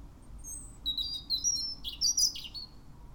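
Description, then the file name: European robin song: a loud, tumbling phrase of high, sweet notes that rise and fall quickly, with crisp sliding whistles near the end. "Erithacus rubecula"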